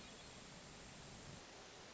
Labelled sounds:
Hermit Thrush (Catharus guttatus)
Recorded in Sonoma County, California

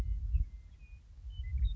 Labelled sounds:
Western Meadowlark (Sturnella neglecta)
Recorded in Sonoma County, California

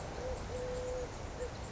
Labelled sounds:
Eurasian Collared Dove (Streptopelia decaocto)
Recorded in Sonoma County, California

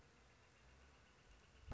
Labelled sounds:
Northern Flicker (Colaptes auratus)
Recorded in Sonoma County, California

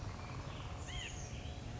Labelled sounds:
White-breasted Nuthatch (Sitta carolinensis)
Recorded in Sonoma County, California

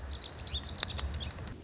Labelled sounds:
Lazuli Bunting (Passerina amoena)
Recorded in Sonoma County, California

